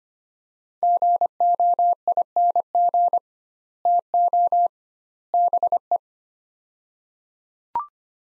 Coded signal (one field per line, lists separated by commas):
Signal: Morse code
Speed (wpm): 25 wpm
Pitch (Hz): 700 Hz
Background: none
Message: GOING TO BE